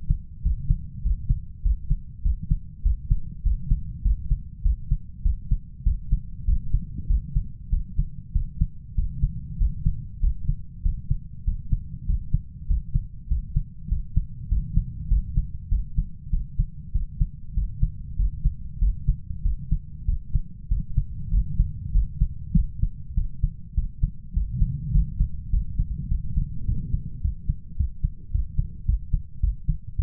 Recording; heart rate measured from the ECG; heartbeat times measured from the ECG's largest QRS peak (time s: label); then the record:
heart sounds by stethoscope; 100 bpm
0.45 s: heartbeat
1.04 s: heartbeat
1.65 s: heartbeat
2.25 s: heartbeat
2.85 s: heartbeat
3.45 s: heartbeat
4.05 s: heartbeat
4.65 s: heartbeat
5.25 s: heartbeat
5.86 s: heartbeat
6.47 s: heartbeat
7.09 s: heartbeat
7.72 s: heartbeat
8.35 s: heartbeat
8.97 s: heartbeat
9.60 s: heartbeat
10.22 s: heartbeat
10.85 s: heartbeat
11.47 s: heartbeat
12.08 s: heartbeat
12.69 s: heartbeat
13.30 s: heartbeat
13.91 s: heartbeat
14.51 s: heartbeat
15.10 s: heartbeat
15.71 s: heartbeat
16.32 s: heartbeat
16.94 s: heartbeat
17.56 s: heartbeat
18.19 s: heartbeat
18.81 s: heartbeat
19.45 s: heartbeat
20.08 s: heartbeat
20.71 s: heartbeat
21.33 s: heartbeat
21.94 s: heartbeat
22.55 s: heartbeat
23.17 s: heartbeat
23.77 s: heartbeat
24.36 s: heartbeat
24.94 s: heartbeat
25.52 s: heartbeat
26.11 s: heartbeat
26.67 s: heartbeat
27.23 s: heartbeat
27.79 s: heartbeat
28.33 s: heartbeat
28.88 s: heartbeat
29.43 s: heartbeat
29.98 s: heartbeat
From the record:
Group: healthy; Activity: cold pressor test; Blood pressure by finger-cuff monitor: 158/86 mmHg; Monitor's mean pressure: 104 mmHg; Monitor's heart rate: 100 bpm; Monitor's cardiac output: 7.8 L/min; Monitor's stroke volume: 79 mL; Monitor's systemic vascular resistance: 960 dyn s/cm5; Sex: male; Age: 21 years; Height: 175 cm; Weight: 72.6 kg